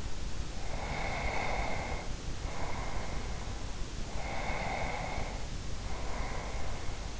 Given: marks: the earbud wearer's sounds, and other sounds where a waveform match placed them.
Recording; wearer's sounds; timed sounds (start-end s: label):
sounds in sleep by an in-ear microphone; breath
0.67-3.61 s: breath
4.07-7.20 s: breath